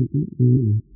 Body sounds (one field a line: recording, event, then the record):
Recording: neck accelerometer signal played as sound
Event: no cough (speech, laughter, throat clearing or background)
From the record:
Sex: female